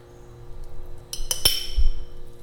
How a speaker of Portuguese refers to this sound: Preciso de uma colher pra rapar esse tempero do troço aqui pro vidro. Bom, vamos lá. Olha o barulhinho de... Vai pro vidro.